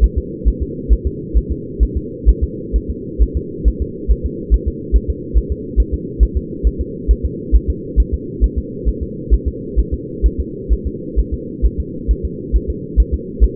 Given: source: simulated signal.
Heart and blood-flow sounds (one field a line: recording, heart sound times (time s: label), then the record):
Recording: fetal heart sounds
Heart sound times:
0.04 s: S1
0.18 s: S2
0.48 s: S1
0.62 s: S2
0.93 s: S1
1.07 s: S2
1.37 s: S1
1.52 s: S2
1.83 s: S1
1.97 s: S2
2.29 s: S1
2.44 s: S2
2.76 s: S1
2.90 s: S2
3.23 s: S1
3.37 s: S2
3.68 s: S1
3.82 s: S2
4.12 s: S1
4.26 s: S2
4.54 s: S1
4.68 s: S2
4.96 s: S1
5.10 s: S2
5.38 s: S1
5.52 s: S2
5.80 s: S1
5.94 s: S2
6.23 s: S1
6.37 s: S2
6.67 s: S1
6.81 s: S2
7.11 s: S1
7.25 s: S2
7.56 s: S1
7.70 s: S2
8.00 s: S1
8.14 s: S2
8.44 s: S1
8.58 s: S2
8.89 s: S1
9.03 s: S2
9.34 s: S1
9.48 s: S2
9.79 s: S1
9.94 s: S2
10.26 s: S1
10.40 s: S2
10.73 s: S1
10.87 s: S2
11.19 s: S1
11.34 s: S2
11.66 s: S1
11.80 s: S2
12.11 s: S1
12.25 s: S2
12.56 s: S1
12.70 s: S2
13.00 s: S1
13.14 s: S2
13.44 s: S1
From the record:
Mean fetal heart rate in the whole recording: 135 bpm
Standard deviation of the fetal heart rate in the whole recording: 3 bpm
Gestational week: 34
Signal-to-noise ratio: -4.1 dB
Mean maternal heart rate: no maternal heart sound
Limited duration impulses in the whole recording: absent